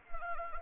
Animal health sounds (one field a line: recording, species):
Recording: mosquito wingbeat signal from an infrared sensor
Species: Anopheles arabiensis